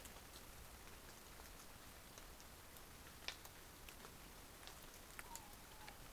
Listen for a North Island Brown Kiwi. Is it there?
no